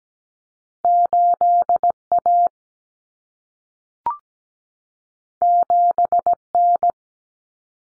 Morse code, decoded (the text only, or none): 8A 7N